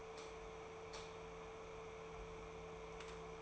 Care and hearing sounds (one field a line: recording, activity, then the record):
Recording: daily activity, microphone in the room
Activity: light off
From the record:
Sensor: 1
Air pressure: 1014.6 hPa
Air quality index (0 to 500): 173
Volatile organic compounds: 14 ppm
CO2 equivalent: 2451 ppm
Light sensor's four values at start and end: 18/48/19/21 and 14/36/14/16